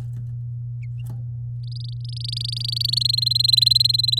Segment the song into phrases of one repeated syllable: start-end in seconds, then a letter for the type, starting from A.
1.64-2.99 A, 3.01-4.19 B